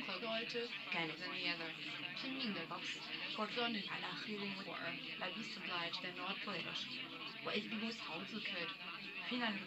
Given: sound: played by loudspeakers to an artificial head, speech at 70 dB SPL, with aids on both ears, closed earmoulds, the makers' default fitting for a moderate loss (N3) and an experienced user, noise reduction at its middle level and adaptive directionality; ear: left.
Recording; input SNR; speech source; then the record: speech test signal (ISTS) in cocktail-party noise; +6 dB; on the right (90 degrees)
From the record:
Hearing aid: class 1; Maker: D